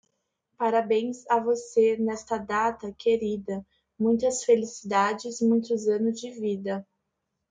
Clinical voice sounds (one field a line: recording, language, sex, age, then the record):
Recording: short text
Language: Brazilian Portuguese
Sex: female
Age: 20 to 29 years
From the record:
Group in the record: control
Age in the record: 25 years